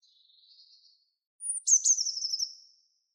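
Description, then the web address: Bird song: a soft buzzy trill, then a thin high whistle that breaks into a rapid, shimmering trill which slowly fades. "Deverinetal 2025 Bird Only"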